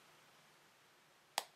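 A craft stain bottle is flipped upside down and its dabber top pressed down onto a craft sheet, and the spring valve in the plastic cap gives a single small, sharp click at 1.4 s after quiet. The click shows the valve has been primed.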